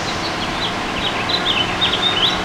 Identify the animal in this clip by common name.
House Finch